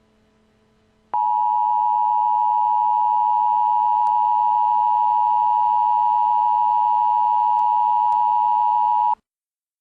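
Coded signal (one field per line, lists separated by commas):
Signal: Emergency Alert System (SAME) tones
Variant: 853 and 960 Hz attention tone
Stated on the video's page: Fictional EAS scenario.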